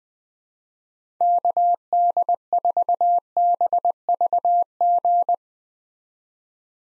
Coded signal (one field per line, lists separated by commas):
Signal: Morse code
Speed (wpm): 20 wpm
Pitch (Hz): 700 Hz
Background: none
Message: KD4BVG